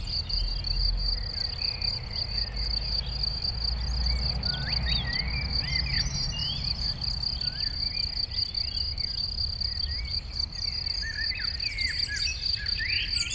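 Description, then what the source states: Steady high cricket chorus, finely pulsed and unbroken, with short bird calls scattered through and a deep rumble of passing vehicles. Chorus of crickets in a sunny west-facing sloping meadow at Chindrieux, France, with birds singing in surrounding trees and traffic noise from the nearby road.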